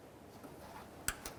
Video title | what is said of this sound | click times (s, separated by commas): How To Replace Lower Ball Joint 1998-2011 Ford Ranger | listen for a click give it a nice tug if it doesn't click in you're going to find that you have an abs light | 1.1 s